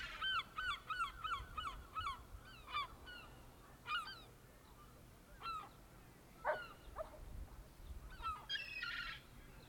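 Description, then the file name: Gull calls: a rapid run of repeated sharp, yelping notes at the start, then scattered single squeals and a noisy burst near the end. "Seagulls"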